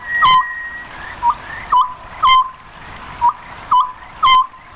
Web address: birds konohazuku